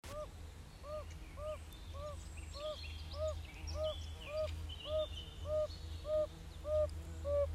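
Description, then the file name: Yellow-bellied toad calling: soft, short, hollow 'ooh' notes repeated steadily, with bird song above and a low steady rumble beneath. "Gelbbauchunke"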